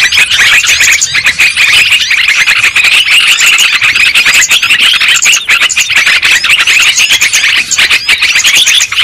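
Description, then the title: Shrill lovebird calls pour out in an unbroken, crowded chatter of quick squeaky chirps, loud and even throughout. Lure sound used for trapping birds. "PIKAT BURUNG LOVEBIRD"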